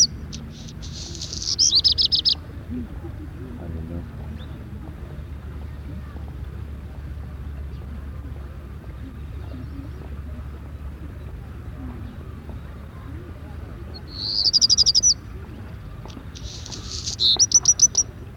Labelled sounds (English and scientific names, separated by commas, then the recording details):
Black Redstart (Phoenicurus ochruros) song
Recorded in the wild
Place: Pingarati, Moldova, RO
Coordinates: 46.93, 26.187
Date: 1973-04-19
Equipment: Nagra III BH, Sennheiser MD 21, parabola
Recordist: Schubert, Michael